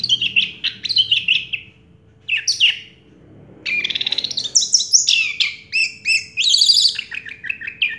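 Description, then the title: Orange-headed thrush song: varied high phrases, a gap, then a rapid rattling trill leading into loud warbled and whistled notes. Recording used to prompt a silent (stuck) bird to sing. "Anis Merah Macet.. Pancing Dengan Suara Ini.. 100 Ampuh. # Anis Merah"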